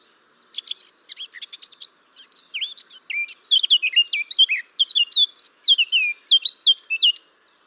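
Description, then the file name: Eurasian blackcap song: a fast, scratchy chattering warble, a short break, then loud, clear fluty whistled phrases. "Sylvia atricapilla"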